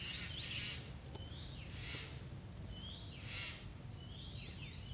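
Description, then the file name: Eurasian jay with a few hoarse, rasping calls spaced about a second or more apart, mixed with sharp downslurred chirps from other birds over low background rumble. "Garrulus glandarius"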